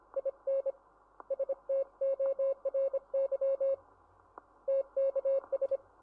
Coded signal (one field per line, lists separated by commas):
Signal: Morse code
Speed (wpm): 25 wpm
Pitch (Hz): 2650 Hz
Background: none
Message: IN STORY TKS